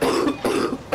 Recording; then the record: coughing mixed with background sound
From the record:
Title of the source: Coughing 77